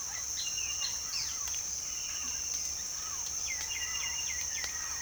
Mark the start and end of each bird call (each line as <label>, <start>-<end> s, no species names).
bird call, 0.00-1.49 s
bird call, 2.96-5.01 s